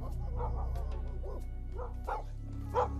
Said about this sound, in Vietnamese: Đúng lúc này đột nhiên ở bên ngoài căn nhà của bác Tâm vang lên tiếng chó cắn ma văng vẳng.